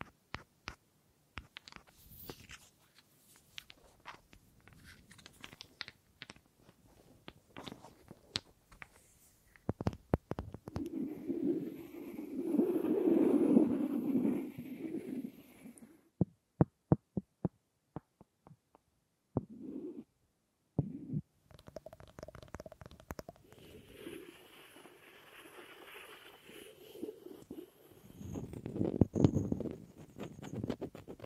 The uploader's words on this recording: ASMR Simply Relaxing Wood Triggers for Sleep New Mic Test Tascam Portacapture X8 (No Talking).